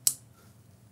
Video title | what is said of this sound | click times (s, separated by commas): 🛠 How To Crimp Sensors The Right Way - TECHNICALLY SPEAKING | nice click look how compact it is in terms of packaging as | 0.1 s